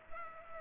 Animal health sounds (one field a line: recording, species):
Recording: mosquito wingbeat signal from an infrared sensor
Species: Culex pipiens